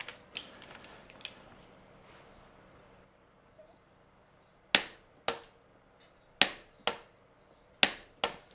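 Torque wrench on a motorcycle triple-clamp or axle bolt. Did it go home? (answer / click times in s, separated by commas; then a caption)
yes / 4.8 s, 6.4 s, 7.8 s. A click-type torque wrench tightens a fork clamp bolt on the triple clamp or axle of a 2007 Kawasaki KLX250S to 65 foot-pounds during a fork seal and bushings replacement. After faint scattered ticks in the first seconds, the wrench gives three sharp clicks at 4.8, 6.4 and 7.8 seconds, each followed about half a second later by a softer sharp snap. The bolt reaches 65 foot-pounds and is confirmed good after three clicks.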